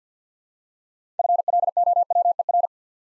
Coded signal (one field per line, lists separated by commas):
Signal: Morse code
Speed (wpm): 50 wpm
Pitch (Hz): 700 Hz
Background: none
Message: FLOWER